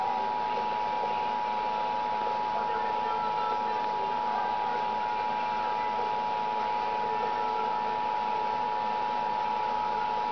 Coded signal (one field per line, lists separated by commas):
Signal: Emergency Alert System (SAME) tones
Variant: 853 and 960 Hz attention tone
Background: speech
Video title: National Emergency Alert System (EAS) Test at 2:00 PM Eastern on November 9, 2011